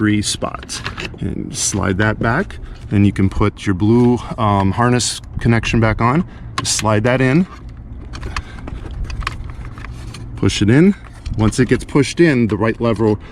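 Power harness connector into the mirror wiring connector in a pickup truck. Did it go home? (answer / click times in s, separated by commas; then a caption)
yes / 8.4 s, 9.3 s. Someone talks while a blue plastic power harness connector is slid and pushed back into the mirror wiring connector of a GM full-size pickup truck during a live view mirror install. Sharp clicks are heard at 8.4 s and 9.3 s as the lock lever is snapped down and the red tab is slid into place. The connector is seated and locked.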